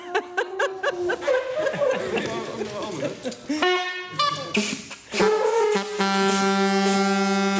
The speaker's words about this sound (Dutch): Bijvoorbeeld die hoorn, die komt er ook nog bij. Ja, dus die wordt nu getest.